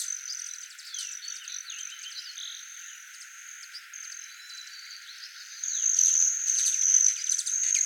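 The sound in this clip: Broad-tailed hummingbird sounds: a thin, continuous high-pitched buzzing trill with scattered sharp ticks, growing louder and harsher toward the end.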